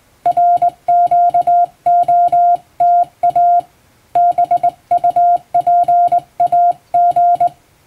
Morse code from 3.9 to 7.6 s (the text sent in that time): BUPAG